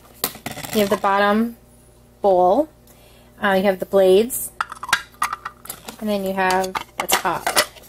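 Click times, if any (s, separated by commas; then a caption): none. A plastic top is handled over the bowl and blade assembly of a pull-cord mini food chopper while someone talks. Sharp plastic knocks and clatters are heard, mostly between 4.6 and 5.7 seconds. Nothing has seated or clicked yet; the lid is not yet home.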